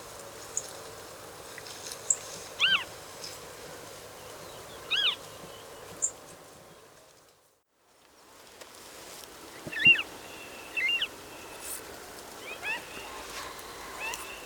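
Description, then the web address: Western marsh harrier calls: several thin, high, mewing notes spaced a few seconds apart, with a brief quiet gap midway. "chant xeno-canto busard des roseaux"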